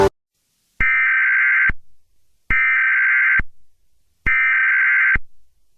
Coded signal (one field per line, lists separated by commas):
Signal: Emergency Alert System (SAME) tones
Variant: header bursts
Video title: EAS Summer Scenario Special: Summer's Wrath (Read Description)